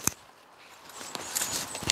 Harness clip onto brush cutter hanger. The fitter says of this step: Se clipse comme ça, ça pend sur le